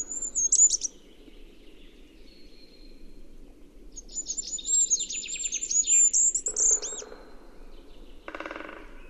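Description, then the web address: Bird song: very high thin whistled notes, then a rapid buzzy trill falling in pitch, with two short harsh bursts near the end and a steady low hum. "cianscape. Deverinetal 2025. Bird Only"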